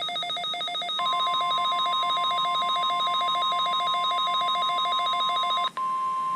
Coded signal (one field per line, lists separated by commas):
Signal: Emergency Alert System (SAME) tones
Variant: 1050 Hz attention tone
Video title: EAS #141- 8/19/20 Required Weekly Test on KEC80